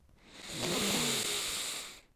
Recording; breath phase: one breath near a microphone; inhalation